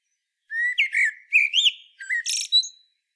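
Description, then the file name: Common blackbird singing one phrase of mellow rising whistles that breaks into a sharp, high, scratchy flourish at the end. "Turdus merula"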